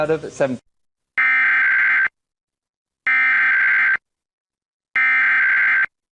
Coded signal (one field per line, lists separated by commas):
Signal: Emergency Alert System (SAME) tones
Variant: header bursts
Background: speech